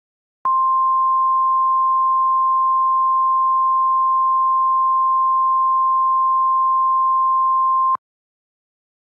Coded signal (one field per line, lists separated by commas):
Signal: Emergency Alert System (SAME) tones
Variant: 1050 Hz attention tone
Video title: The Last War: An EAS Scenario